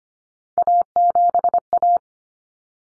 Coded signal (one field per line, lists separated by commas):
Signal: Morse code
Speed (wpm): 25 wpm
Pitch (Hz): 700 Hz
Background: none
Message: A7A